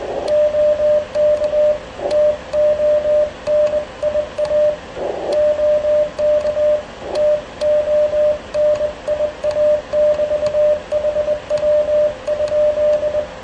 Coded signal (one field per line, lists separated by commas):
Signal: Morse code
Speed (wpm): 21 wpm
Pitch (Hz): 600 Hz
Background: radio noise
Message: OK TONIA OK TONIA<BT>HW?